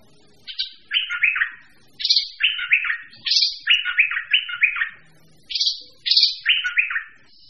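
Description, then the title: Birds singing: a high whistled note followed by a fast falling run of buzzy chirps, the phrase repeated several times, with short pauses between. "manuk campur"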